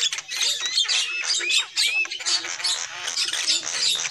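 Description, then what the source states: Lovebird: a brief burst of lovebird chatter: harsh, high squawks and a couple of clear arched chirps packed tightly together. Lure call used for trapping lovebirds.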